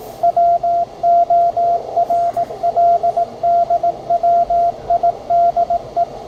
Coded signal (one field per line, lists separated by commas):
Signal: Morse code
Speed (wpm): 17 wpm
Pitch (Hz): 690 Hz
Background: radio noise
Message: WORLDWIDE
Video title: Morse Code Reader/Microcode Part 2